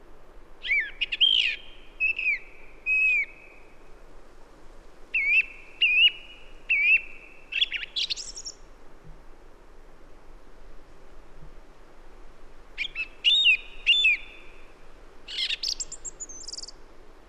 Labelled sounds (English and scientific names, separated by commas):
Song Thrush (Turdus philomelos) song